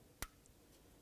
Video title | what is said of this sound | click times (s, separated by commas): How to Replace EGR Valve 2000-2005 Buick LeSabre | now that it's torqued let's go ahead and reconnect our electrical connector slide it down listen for a click | 0.2 s